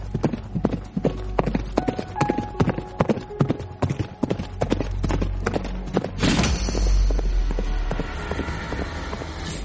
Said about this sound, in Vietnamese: Rồi thúc ngựa đuổi theo Trường Sinh.